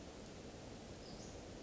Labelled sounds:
Western Flycatcher
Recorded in Sonoma County, California

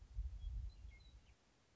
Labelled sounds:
Western Meadowlark
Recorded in Sonoma County, California

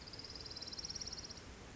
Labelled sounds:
Orange-crowned Warbler
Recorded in Sonoma County, California

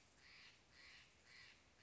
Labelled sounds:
Steller's Jay
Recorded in Sonoma County, California

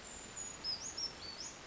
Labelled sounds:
Brown Creeper
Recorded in Sonoma County, California

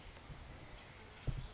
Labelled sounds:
Blue-gray Gnatcatcher
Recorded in Sonoma County, California

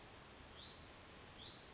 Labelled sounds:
Hutton's Vireo
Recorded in Sonoma County, California

